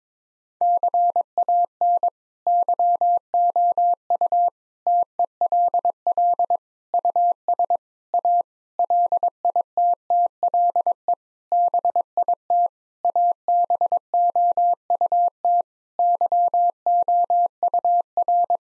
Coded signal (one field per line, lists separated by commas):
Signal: Morse code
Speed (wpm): 22 wpm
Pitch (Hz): 700 Hz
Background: none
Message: CAN YOU TELL US A LITTLE BIT ABOUT YOUR